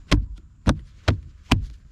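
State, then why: Seated. A plastic dash trim piece on a 2022 base EcoBoost Mustang, during a SYNC 1 to SYNC 3 upgrade, is lined up and pressed home onto its dashboard clips on both sides. Four sharp, broadband clicks land at about 0.1, 0.7, 1.1 and 1.5 seconds, with quiet low rumble between them. The loudest click, at 1.5 seconds, is the trim piece snapping into place and seating.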